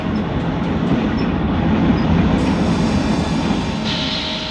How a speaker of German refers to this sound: Der D-Zug hält in Güllen. Im verarmtesten, lausigsten, erbärmlichsten Nest der Strecke Venedig-Stockholm.